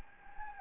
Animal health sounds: mosquito wingbeat signal from an infrared sensor; Anopheles gambiae

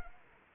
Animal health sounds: mosquito wingbeat signal from an infrared sensor; Anopheles arabiensis

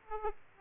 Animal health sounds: mosquito wingbeat signal from an infrared sensor; Aedes aegypti

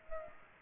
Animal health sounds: mosquito wingbeat signal from an infrared sensor; Aedes aegypti

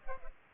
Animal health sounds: mosquito wingbeat signal from an infrared sensor; Aedes aegypti

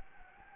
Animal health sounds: mosquito wingbeat signal from an infrared sensor; Anopheles gambiae

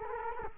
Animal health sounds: mosquito wingbeat signal from an infrared sensor; Culex quinquefasciatus

